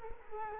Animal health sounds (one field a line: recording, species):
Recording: mosquito wingbeat signal from an infrared sensor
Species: Culex quinquefasciatus